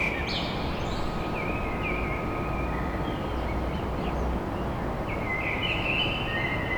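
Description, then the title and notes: Common blackbird song: two mellow fluted warbling phrases with thin high notes, a few seconds apart, over a constant low roar of noise. Song of a blackbird recorded at dawn in Paris. "Blackbird At Paris. chant de merle à l'aube dans Paris"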